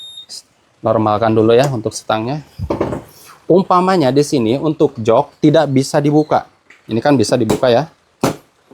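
Someone talks while handling the seat of a Beat FI scooter fitted with a self-assembled keyless system, working it toward its seat lock latch, with a few short knocks under the speech. The seat has not latched yet; nothing has seated or clicked yet.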